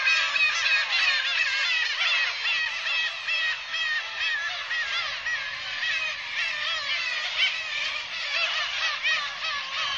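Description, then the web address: Black-tailed gulls in a loud, continuous chorus, countless overlapping nasal mewing calls rising and falling together. Recorded in the Sakhalin and Kuril Islands. "priroda sakhalina i kuril. Larus crassirostris"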